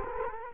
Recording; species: mosquito wingbeat signal from an infrared sensor; Culex quinquefasciatus